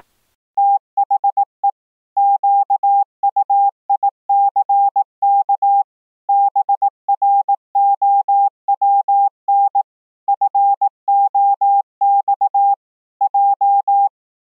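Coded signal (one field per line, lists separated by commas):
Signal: Morse code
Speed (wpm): 19 wpm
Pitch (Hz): 800 Hz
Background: none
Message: THE QUICK BROWN FOX J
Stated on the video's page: Telegraph sound effect, free royalty-free compilation of Morse code telegraph-sending sounds.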